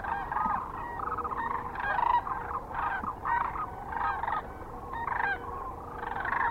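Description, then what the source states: Sandhill cranes giving loud rolling, trilled bugles in a busy overlapping chorus. Kearney, Nebraska, on 9 March 2004.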